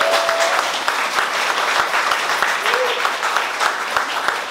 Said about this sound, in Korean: 그런데 여러분들의 박수를 배경 사진을 찍으려고 하니까 개인적 욕심 한 번만 채울게요. 그러니까 잠깐만요. 자, 자 이쪽 배경으로. 자, 박수 부탁드립니다.